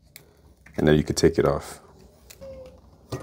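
The step-three press tab on a screen protector installation frame over an iPhone 16 Pro Max (Benks Armor Pro 600D and Glass Warrior) is pushed down and gives a single sharp click at 0.2 s, seating the protector. Someone then talks, and another sharp sound comes at the very end.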